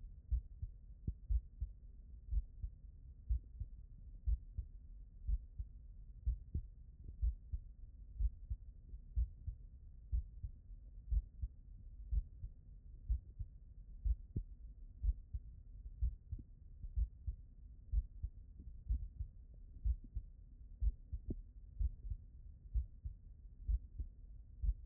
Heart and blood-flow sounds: heart sounds by stethoscope; tricuspid valve (TV)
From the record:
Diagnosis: non-HFrEF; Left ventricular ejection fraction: 68%

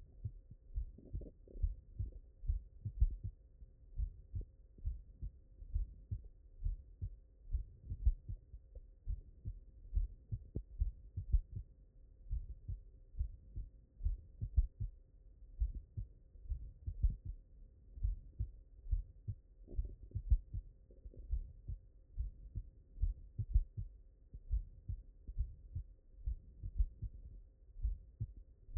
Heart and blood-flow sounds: heart sounds by stethoscope; mitral valve (MV)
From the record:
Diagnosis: non-HFrEF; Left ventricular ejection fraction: 62%

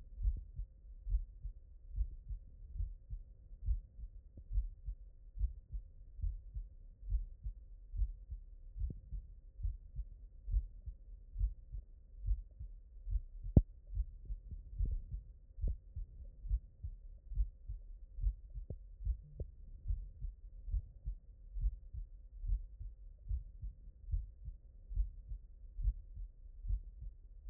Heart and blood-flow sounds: heart sounds by stethoscope; mitral valve (MV)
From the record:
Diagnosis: non-HFrEF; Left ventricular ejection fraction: 55%

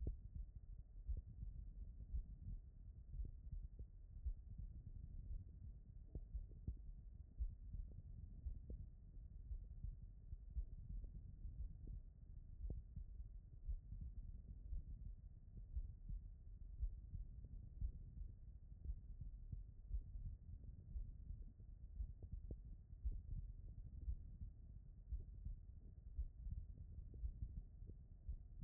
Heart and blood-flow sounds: heart sounds by stethoscope; aortic valve (AV)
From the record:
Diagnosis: non-HFrEF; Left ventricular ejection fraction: 66%

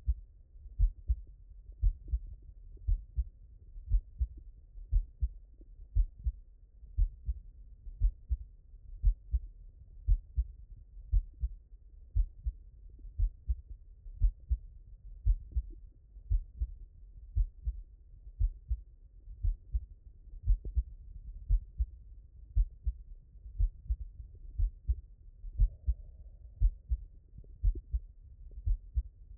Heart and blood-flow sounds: heart sounds by stethoscope; mitral valve (MV)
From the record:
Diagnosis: HFrEF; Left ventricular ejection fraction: 38%

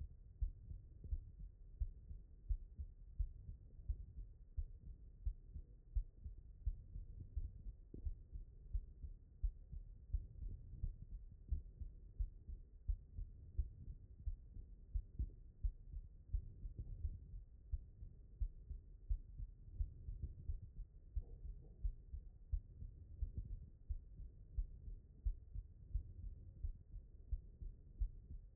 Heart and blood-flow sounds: heart sounds by stethoscope; pulmonary valve (PV)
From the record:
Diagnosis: non-HFrEF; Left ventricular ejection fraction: 68%

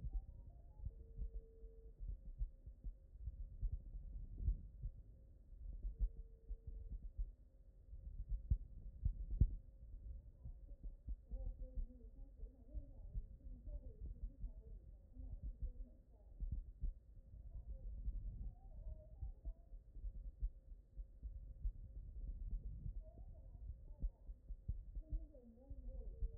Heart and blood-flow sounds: heart sounds by stethoscope; pulmonary valve (PV)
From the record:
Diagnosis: HFrEF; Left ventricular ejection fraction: 35%

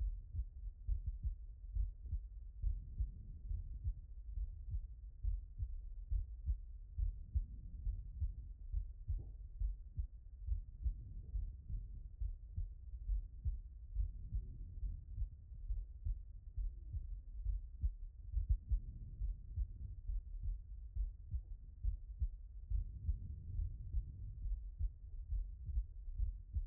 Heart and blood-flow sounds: heart sounds by stethoscope; tricuspid valve (TV)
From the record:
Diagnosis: non-HFrEF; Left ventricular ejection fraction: 60%

